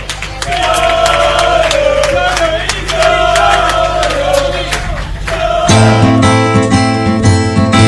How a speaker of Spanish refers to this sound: Un segundito, un aplauso para mi hermano